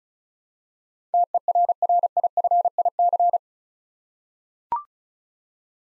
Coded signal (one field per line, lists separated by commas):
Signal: Morse code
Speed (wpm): 34 wpm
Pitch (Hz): 700 Hz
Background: none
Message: TERRIFIC